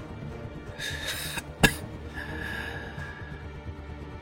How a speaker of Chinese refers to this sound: 额头的冷汗沿着他的下颌往领子里灌，他很轻地咳嗽两声，再睁开眼的时候竟然拢上了几分笑意。